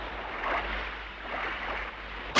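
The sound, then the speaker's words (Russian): A stormy sea roars with steady wind and surging waves as a storm carries the ship Aegna toward the shore, swelling twice over a low rumble and ending with a sudden sharp splash. No voices are heard. “Но внутренним капитанским чутьем он знает, что шторм неуклонно несет «Аэгну» к берегу.”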